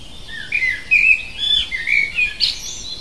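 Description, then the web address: Bird song: a varied warbling stream of high whistled and twittering notes over a steady background hiss. Native bird recorded in a hedge in May. "hecke vogel mai vogel heimisch"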